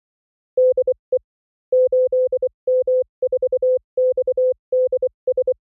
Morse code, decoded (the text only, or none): DE 8M4XDS